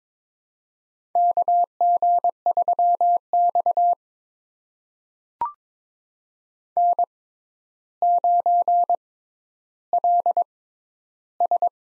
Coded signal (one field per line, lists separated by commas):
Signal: Morse code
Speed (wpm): 22 wpm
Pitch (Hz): 700 Hz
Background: none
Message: KG3X N9LS